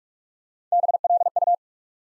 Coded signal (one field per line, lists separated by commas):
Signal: Morse code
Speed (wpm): 44 wpm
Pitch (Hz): 700 Hz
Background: none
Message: BLU